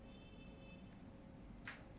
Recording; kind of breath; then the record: one breath in and out by a microphone near the nose and mouth; normal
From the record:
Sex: male